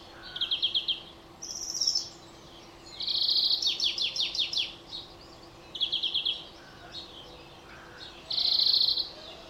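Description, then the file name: European greenfinch giving repeated fast trills and a series of down-slurred twittering notes, with brief gaps between phrases. "Chloris chloris"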